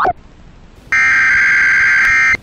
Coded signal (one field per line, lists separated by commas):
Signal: Emergency Alert System (SAME) tones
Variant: header bursts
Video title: an eas test from 1997 but something isn't right